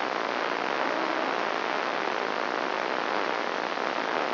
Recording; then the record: brain microelectrode recording played as sound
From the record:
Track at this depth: outside the subthalamic nucleus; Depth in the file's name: -0.483 mm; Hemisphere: left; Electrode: 3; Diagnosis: Parkinson's disease